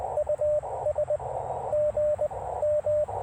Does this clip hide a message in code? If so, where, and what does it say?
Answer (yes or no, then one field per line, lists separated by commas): yes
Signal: Morse code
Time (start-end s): 0.2-3.0 s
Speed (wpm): 19 wpm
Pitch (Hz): 590 Hz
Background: radio noise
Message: US G M